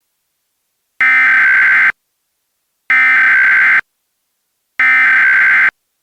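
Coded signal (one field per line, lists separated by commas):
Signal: Emergency Alert System (SAME) tones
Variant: header bursts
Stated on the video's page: Fictional satirical EAS scenario based on Half-Life and SCP, with valid SAME headers, made with EASyKIT.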